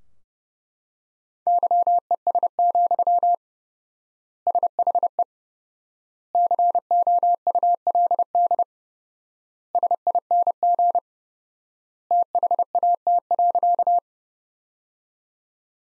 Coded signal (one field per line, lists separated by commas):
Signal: Morse code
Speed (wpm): 31 wpm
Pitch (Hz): 700 Hz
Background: none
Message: YES, SHE COULD SING THAT.